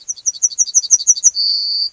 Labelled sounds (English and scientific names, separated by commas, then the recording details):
Yellowhammer (Emberiza citrinella) song
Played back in grassland
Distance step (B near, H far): B
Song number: 124